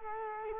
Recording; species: mosquito wingbeat signal from an infrared sensor; Culex quinquefasciatus